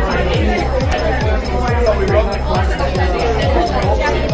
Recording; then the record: background sound without coughing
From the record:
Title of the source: Nightlife Party Simulating Party Club Noise 1 Hour